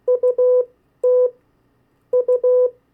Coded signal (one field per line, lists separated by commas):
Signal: Morse code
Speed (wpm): 16 wpm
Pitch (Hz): 500 Hz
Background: none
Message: UT U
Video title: 50 State Abbreviations, Variable speeds, in CW Video #3